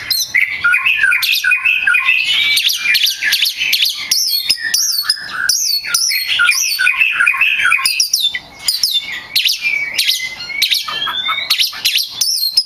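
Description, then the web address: Oriental magpie-robin singing a rich, unbroken medley of sweet whistles, chattering trills and upslurred notes, loud and rapid throughout with only one brief gap. Champion contest bird; recording meant for tutoring other birds. "kacer juara. masteran kacer"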